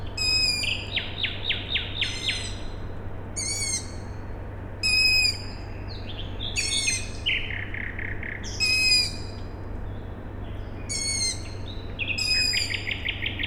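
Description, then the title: Owl chick calls: repeated high, screechy cries, mixed with bursts of quick chattering notes and a steady low drone. Owl chicks calling at night on 21 May 2019 in Siemianowice Śląskie, Poland; industrial plant in background; recorded with Zoom H5 and Audio-Technica BP4025. "Siemianowice Śląskie, Polska - Owl chicks"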